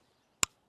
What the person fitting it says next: You guys hear that click? So that means the pressure washer tip is now on.